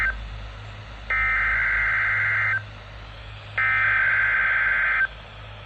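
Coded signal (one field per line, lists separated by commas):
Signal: Emergency Alert System (SAME) tones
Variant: header bursts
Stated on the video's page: NOAA Weather Radio Tornado Watch on 162.425 MHz from transmitter WWG90, Janesville, Wisconsin.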